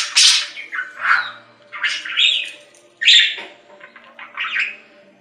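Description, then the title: Budgerigar chatter: harsh squawks and scratchy warbled notes in irregular bursts, with a faint steady hum underneath. "Budgie Sounds"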